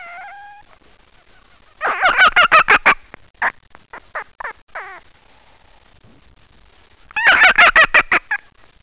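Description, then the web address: Red fox calls: a short whining tone, then two bursts of rapid, harsh stuttering yelps, with a few scattered single yelps between them. "voice Vulpes vulpes"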